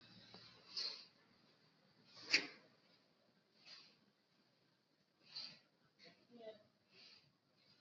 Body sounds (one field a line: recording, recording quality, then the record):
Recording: shallow breathing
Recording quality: excellent, no background noise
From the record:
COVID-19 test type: RT-PCR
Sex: female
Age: 27 years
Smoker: no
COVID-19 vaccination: both doses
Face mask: worn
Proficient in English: yes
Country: India